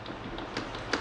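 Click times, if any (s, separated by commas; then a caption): none. A vacuum hose end is pushed into the hose port on the vacuum body and twisted a couple of times, with soft rubbing and handling noise and two brief sharper knocks. The hose does not click in properly on this attempt, so nothing has seated or clicked yet. There are no spoken words.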